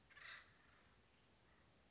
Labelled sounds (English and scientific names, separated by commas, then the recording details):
Acorn Woodpecker (Melanerpes formicivorus)
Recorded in Sonoma County, California